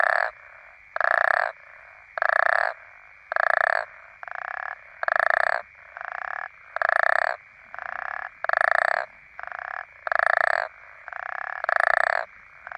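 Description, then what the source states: African common toad: repeated snoring croaks of African common toads, buzzy and pulsed, louder and softer calls interleaving evenly, with a steady high whine throughout. Several African common toads calling.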